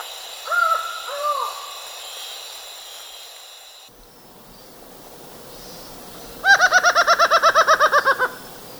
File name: Laughing Falcon